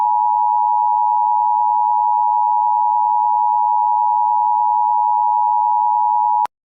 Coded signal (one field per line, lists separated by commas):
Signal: Emergency Alert System (SAME) tones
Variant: 853 and 960 Hz attention tone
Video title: EMERGENCY ALERT SYSTEM FONT TEST (KINEMASTER APP)